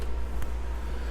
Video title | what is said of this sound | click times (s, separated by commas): Customizing A Knife: Project Two - Dyeing the Scales w/BONUS Civivi KI-V Disassembly and Scale Dye | it's so great to hear a satisfying snap now | 0.4 s